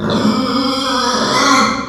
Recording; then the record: squeal of a Yucatan mini pig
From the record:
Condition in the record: after surgery on the right vocal fold (resection and tissue-engineered implant); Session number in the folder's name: 16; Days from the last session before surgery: 183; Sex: female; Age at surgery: 19 weeks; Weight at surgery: 25 kg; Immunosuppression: prednisolone